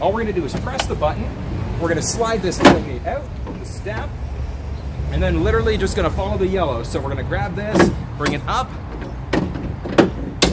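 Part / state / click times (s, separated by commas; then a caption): tailgate step handle into its upright locked position on the truck tailgate / seated / 10.4 s. Someone talks while pressing a button on the tailgate of a 2020 Ford F-150 XLT SuperCrew, sliding out the tailgate step and pulling its fold-out handle up. A few clunks lead to a sharp latch click at 10.4 s as the handle locks into its upright position.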